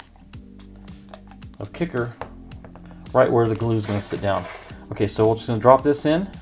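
A model rocket fin for an Estes Vogel is handled and about to be dropped through the fin slot of the cardboard body tube onto the glued motor mount, with kicker applied where the glue will sit. Someone talks over background music, with a few faint taps and handling noises. Nothing has seated or clicked yet.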